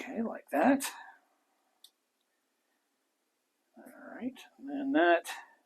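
A swapped plastic arm is being handled and pushed toward the shoulder socket of a small posable action figure while someone talks, with a single brief faint tick near 1.9 s in a quiet gap. The clip ends before the arm pops in, and nothing has seated or clicked yet.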